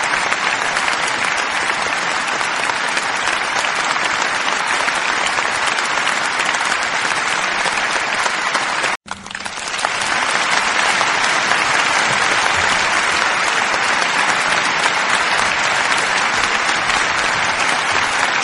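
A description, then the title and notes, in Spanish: A crowd applauds, as at a presentation, with dense, steady clapping that fills the sound with bright, crackling hand claps. Just before the nine-second mark the sound cuts out abruptly, then the applause resumes and continues evenly to the end. En este episodio les traigo sonidos de aplausos como en presentaciónes.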